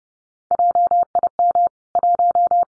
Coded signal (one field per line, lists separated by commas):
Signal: Morse code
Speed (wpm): 30 wpm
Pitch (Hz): 700 Hz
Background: none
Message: JIM 1